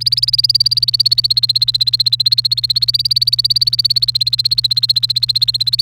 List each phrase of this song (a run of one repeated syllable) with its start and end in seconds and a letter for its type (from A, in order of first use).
0.01-5.82 A